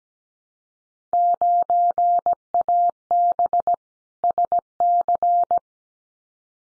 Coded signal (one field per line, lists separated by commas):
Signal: Morse code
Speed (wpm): 17 wpm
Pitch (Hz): 700 Hz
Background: none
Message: 9AB SC